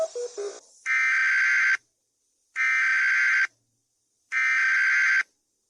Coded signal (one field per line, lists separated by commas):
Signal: Emergency Alert System (SAME) tones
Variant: header bursts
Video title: Eas somthing bad will Happen soon